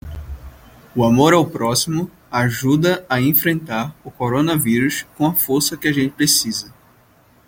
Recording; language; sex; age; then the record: spoken sentence; Brazilian Portuguese; male; 20 to 29 years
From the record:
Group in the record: control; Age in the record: 23 years